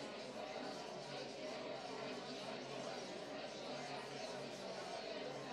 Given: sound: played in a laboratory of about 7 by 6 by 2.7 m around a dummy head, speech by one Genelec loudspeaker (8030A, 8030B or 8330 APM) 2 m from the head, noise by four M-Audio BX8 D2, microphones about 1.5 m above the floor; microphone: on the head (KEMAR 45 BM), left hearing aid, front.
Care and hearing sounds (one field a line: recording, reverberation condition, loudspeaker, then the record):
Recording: babble noise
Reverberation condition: medium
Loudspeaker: four, about 170 cm from the corners of the room and facing them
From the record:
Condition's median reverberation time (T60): about 510 ms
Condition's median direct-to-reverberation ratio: about -0.5 dB